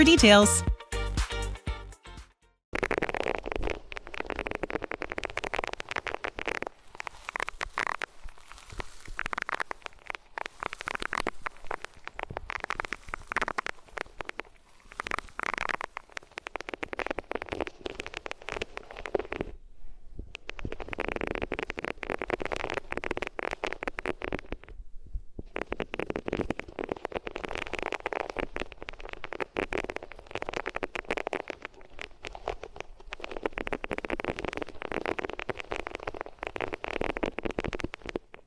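Scratchy rubbing of ears against different materials, heard as dense crackling and friction in repeated bursts. Strokes come in groups of a few seconds with short quieter gaps, around 10, 20 and 25 seconds. A brief tonal flutter and a pause open the recording.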